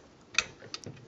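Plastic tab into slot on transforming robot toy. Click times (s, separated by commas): 0.4 s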